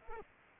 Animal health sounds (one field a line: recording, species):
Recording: mosquito wingbeat signal from an infrared sensor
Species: Culex pipiens